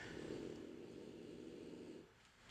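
A faint, rough, low-pitched snoring breath lasts about two seconds, then fades into quiet room noise. It is a single snore from a dog named Basil, sleeping more than 30 feet from the microphone, an ordinary sleep noise.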